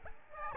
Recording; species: mosquito wingbeat signal from an infrared sensor; Aedes albopictus